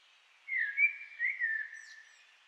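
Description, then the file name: Common blackbird song: one smooth, low whistled phrase that wavers and trails off into a soft twitter. "Turdus merula"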